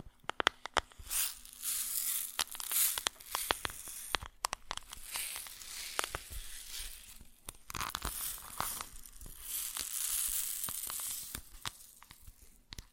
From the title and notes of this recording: ASMR Grain Sounds (No Talking).